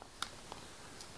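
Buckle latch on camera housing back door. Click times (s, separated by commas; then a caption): 0.2 s. Both thumbs pull the plastic buckle latch on the back door of a GoPro HERO camera housing over the ledge, and it snaps closed with a sharp click at 0.2 s. Fainter ticks follow around 0.5 s and 1.0 s in a quiet background, leaving the back door latched shut.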